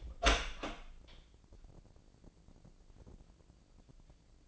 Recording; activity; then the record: daily activity, microphone in the room; open door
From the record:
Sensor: 5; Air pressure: 1012.4 hPa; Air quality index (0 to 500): 160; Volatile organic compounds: 2 ppm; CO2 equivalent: 1086 ppm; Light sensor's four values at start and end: 201/487/204/224 and 201/488/204/225